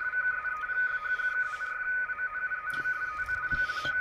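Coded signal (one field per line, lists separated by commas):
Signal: RTTY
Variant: about 250 Hz shift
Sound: rapid warbling between two close tones, continuous teleprinter-like chatter over hiss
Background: radio static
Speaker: and the pattern in between as well it's a bit odd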